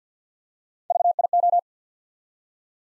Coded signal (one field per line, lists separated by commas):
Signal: Morse code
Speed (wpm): 48 wpm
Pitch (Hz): 700 Hz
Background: none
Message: VIO